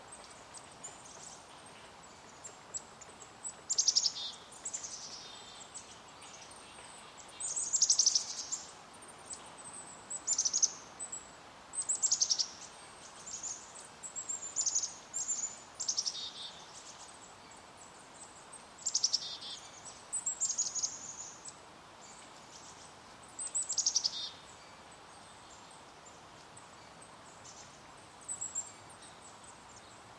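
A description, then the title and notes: Birds call along the Marquam Trail in Portland's Marquam Nature Park, short high chirps and trills arriving every few seconds in loose clusters. Beneath them runs a steady, faint low hiss of background noise that never changes across the thirty seconds. Portland, Oregon's Marquam Nature Park, on The Marquam Trail, less than a mile from downtown, I-5 and OHSU in an acoustically shielded ravine.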